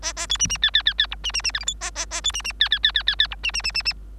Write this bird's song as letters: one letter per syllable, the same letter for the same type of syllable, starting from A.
A A B C C D D D D E C C C F G H A A A B C C D D D D D D E C C C C C